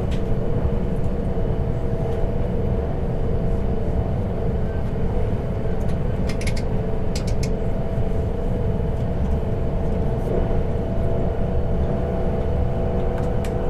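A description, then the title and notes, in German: A train ride at night: a dense, steady low rumble fills the whole stretch, with a faint constant hum above it. Around six to seven and a half seconds, and again near ten, brief bright clicks and rattles cut through. Zugfahrt in der Nacht.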